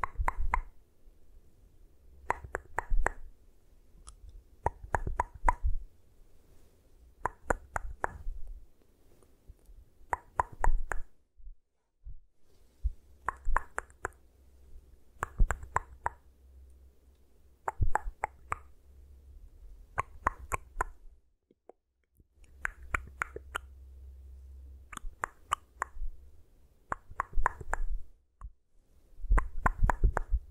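Tapping in short clusters of two or three sharp, hollow knocks, repeating roughly every two to three seconds across the whole stretch. Each tap is crisp with a bright click on top. A low rumbling hum runs underneath in several stretches and drops away briefly around twenty-one seconds.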